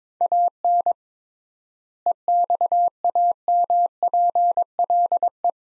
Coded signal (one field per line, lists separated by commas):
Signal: Morse code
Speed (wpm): 22 wpm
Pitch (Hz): 700 Hz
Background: none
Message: AN EXAMPLE